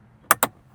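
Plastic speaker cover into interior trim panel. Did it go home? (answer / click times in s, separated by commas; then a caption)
yes / 0.3 s, 0.4 s. In a Mercedes A220 interior during a dashcam install, a plastic speaker cover near the A-pillar or headliner is pressed back into its mount in the trim panel. Two sharp snaps are heard at 0.3 s and 0.4 s over a quiet background. The cover seats back in place.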